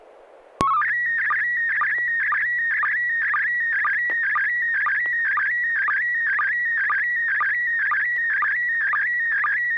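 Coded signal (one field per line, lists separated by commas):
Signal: SSTV (slow-scan television)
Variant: PD 120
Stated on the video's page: SSTV net on FM repeater, 441.300 MHz.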